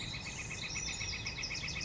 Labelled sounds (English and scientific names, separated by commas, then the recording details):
Northern Flicker (Colaptes auratus)
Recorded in Sonoma County, California